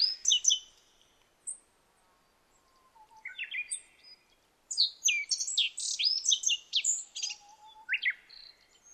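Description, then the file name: Black-faced bunting song, high sharp chirps at the start, a quiet stretch with soft low whistles, then a dense burst of rapid twittering notes. Recorded 26 July 2009 at 06:47. "aoji-20090726-0647"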